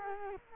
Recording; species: mosquito wingbeat signal from an infrared sensor; Culex quinquefasciatus